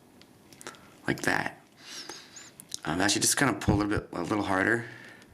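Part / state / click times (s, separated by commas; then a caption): toy arm snapping into the torso / not seated / none. A second plastic arm on a Transformers Prime 1st Edition Deluxe Class Starscream toy is pulled a little harder to snap it into place in the torso, with light plastic ticks and handling noises while someone talks. Nothing has snapped or seated yet by the end of the clip.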